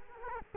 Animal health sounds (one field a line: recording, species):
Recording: mosquito wingbeat signal from an infrared sensor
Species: Culex quinquefasciatus